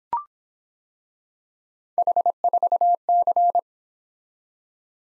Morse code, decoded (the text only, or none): H4C